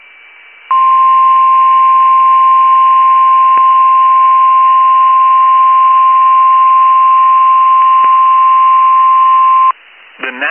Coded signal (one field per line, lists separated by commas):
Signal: Emergency Alert System (SAME) tones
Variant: 1050 Hz attention tone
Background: speech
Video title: I hear Virginia and New York want some more... | EAS Alerts from 7/18/2022 (EAS #1436-1457)